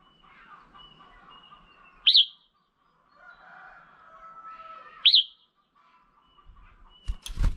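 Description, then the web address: Red-whiskered bulbul calls: two sharp, slurred up-and-down notes about three seconds apart, ending with knocking sounds. Female bird. "tieng chao mao mai. tieng dong vat"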